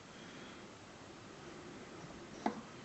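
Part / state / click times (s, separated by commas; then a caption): carburettor piston onto jet bridge / not seated / none. The piston (plunger) of an SU HD8 carburettor on a Jaguar E-Type is lifted and let fall onto the jet bridge to check that the jet is centred. After steady low background noise, it lands with a single sharp metallic clunk at about 2.5 s, followed by a brief ring. Nothing has seated or clicked yet.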